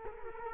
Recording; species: mosquito wingbeat signal from an infrared sensor; Culex quinquefasciatus